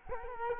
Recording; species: mosquito wingbeat signal from an infrared sensor; Culex quinquefasciatus